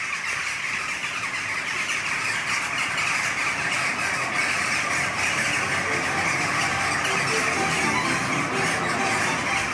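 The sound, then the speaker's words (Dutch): A large flock of mainly jackdaws, with a few crows, calls continuously at their roost, a dense chorus of shrill squawks and squeals layered over one another at a steady, fairly loud level, with no one speaking. “En daarnaast doen ze fraaie stuntrondjes in groepen. Mooi geluid, maar ook een prachtig gezicht.”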